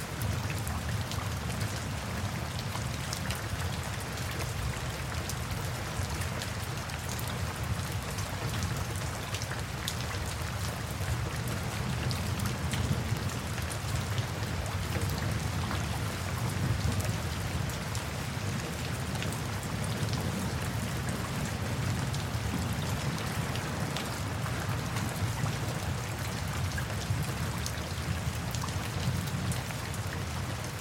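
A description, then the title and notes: Heavy tropical rain pours down in a steady, dense hiss that never lets up, with countless fine drops pattering across the top. A deep, low roar sits underneath throughout, and the level stays even for the whole half minute. Tropical Thunderstorm Sounds.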